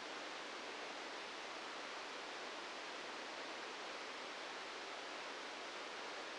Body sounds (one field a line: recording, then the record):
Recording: brain microelectrode recording played as sound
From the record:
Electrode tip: inside the subthalamic nucleus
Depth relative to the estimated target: 0 mm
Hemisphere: left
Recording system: NeuroSet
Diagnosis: Parkinson's disease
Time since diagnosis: 13 years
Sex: male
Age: 65 years